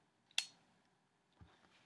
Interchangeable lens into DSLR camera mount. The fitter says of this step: and then all you have to do is turn the lens and you'll hear a click noise